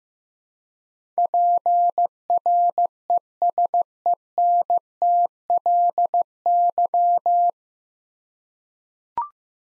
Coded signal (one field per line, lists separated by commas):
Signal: Morse code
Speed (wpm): 15 wpm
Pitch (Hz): 700 Hz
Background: none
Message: PRESENTLY